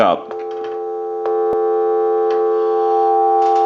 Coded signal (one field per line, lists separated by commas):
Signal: telephone call progress tone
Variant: North America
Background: speech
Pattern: dial tone